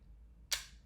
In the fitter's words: the camera now you can hear that click there